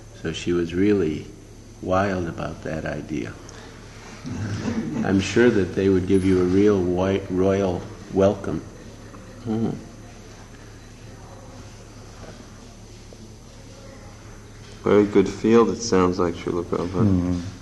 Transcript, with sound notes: So she was really wild about that idea. [laughter] I'm sure that they would give you a real royal welcome.
Very good field it sounds like, Śrīla Prabhupāda.